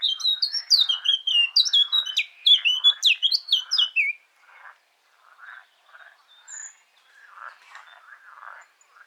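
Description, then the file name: Eurasian blackcap delivers four seconds of rapid, loud, clear whistled notes over scratchy undertones. Quiet, irregular chattering notes follow. "Sylvia atricapilla"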